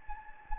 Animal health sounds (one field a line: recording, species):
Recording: mosquito wingbeat signal from an infrared sensor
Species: Anopheles gambiae